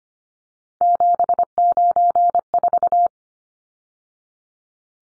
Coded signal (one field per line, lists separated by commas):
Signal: Morse code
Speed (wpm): 25 wpm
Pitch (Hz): 700 Hz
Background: none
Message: 794